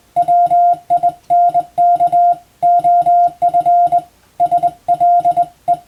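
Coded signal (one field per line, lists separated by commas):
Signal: Morse code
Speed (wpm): 21 wpm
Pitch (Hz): 700 Hz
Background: music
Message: WINK OF SLE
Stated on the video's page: Morse practice for the Japanese radiotelegraph operator exam, recorded on the amateur bands.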